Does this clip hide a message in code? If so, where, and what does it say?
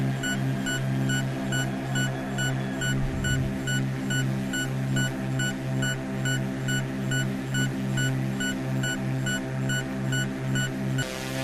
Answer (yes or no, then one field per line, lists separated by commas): no